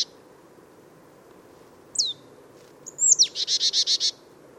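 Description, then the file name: Marsh Tit gives a thin, high slurred note, then a downswept whistle followed by a rapid buzzy series of several notes. "Poecile palustris"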